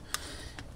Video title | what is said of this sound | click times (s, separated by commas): Install new USB outlets in your Tundra | There it goes, it snapped in. | 0.1 s, 0.6 s